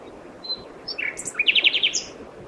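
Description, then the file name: Common nightingale song phrase: brief high whistles, then a quick run of rich notes, ending on a high squeaky note. "Luscinia megarhynchos"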